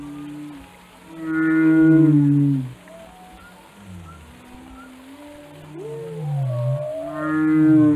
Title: Whale Watching: A Close Encounter with the Giants of the Sea